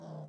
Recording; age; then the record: pig call; piglet (1 to 25 days)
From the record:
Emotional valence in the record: negative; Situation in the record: long isolation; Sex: male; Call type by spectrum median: low-frequency call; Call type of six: low-frequency stable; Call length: 0.28 s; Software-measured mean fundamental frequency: 53 Hz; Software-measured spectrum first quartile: 160 Hz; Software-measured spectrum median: 301 Hz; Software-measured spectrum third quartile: 652 Hz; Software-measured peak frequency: 166 Hz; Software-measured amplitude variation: 87 dB a second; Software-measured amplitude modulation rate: 23.0 a second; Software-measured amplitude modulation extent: 3.8 dB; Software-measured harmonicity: 3.0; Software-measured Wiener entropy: -0.24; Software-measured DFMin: 1354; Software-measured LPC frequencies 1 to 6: 643, 3278, 4812, 5584, 6152, 7820 Hz